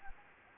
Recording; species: mosquito wingbeat signal from an infrared sensor; Anopheles gambiae